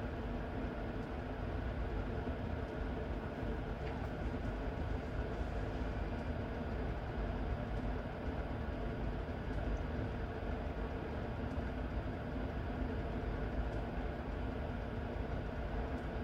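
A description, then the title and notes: A train rumbles along steadily with a dense, heavy low roar, constant rattling, and a few faint brief clicks scattered throughout. Cinematic Train Journey. Powerful Locomotive Sounds.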